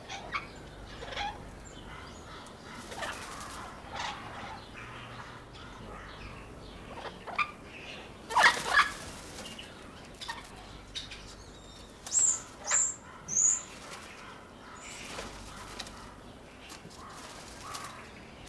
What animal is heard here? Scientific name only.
Amazona aestiva